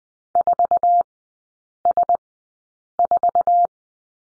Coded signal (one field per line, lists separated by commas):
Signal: Morse code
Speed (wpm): 20 wpm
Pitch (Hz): 700 Hz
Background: none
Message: 4S4